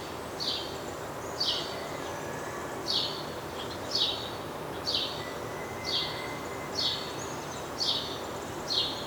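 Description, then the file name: House sparrow calling: about nine bright, downslurred chirps spaced roughly a second apart over a constant noisy background. "Passer domesticus"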